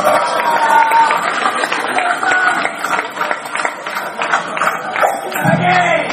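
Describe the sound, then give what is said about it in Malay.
An audience applauds the emcee of the event steadily, a dense crackle of many hands clapping at once that holds fairly loud throughout, with a murmur of voices mixed in near the end. “Jarang kita beri tepukan pada pengacara majlis.”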